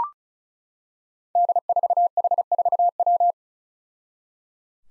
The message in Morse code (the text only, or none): D4H4W